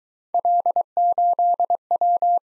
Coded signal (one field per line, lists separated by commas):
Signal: Morse code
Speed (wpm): 22 wpm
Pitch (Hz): 700 Hz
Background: none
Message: L8W